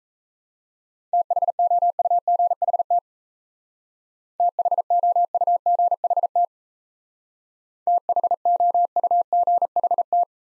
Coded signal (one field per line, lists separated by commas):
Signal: Morse code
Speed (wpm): 34 wpm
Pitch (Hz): 700 Hz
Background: none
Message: THOUGHT THOUGHT THOUGHT